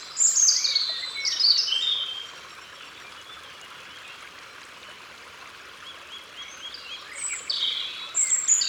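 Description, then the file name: European robin singing a high, liquid warbled phrase, then a long pause before the next sparkling burst of thin whistles begins, with gentle hiss behind. Recorded in Ardèche. "Rougegorge Familier Concerts Naturels De l Ardeche"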